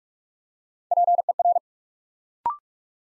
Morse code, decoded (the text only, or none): PER